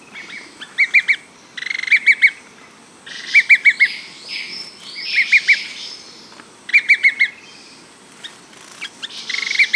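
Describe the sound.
Bird calling with clusters of sharp, high chirps in threes and fours, repeated every second or two, with buzzy rasping notes between them and soft background hiss.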